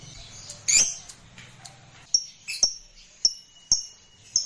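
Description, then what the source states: Lovebird giving several sharp, high chirps scattered throughout, with a low hum under the opening. Fighter-type lovebird.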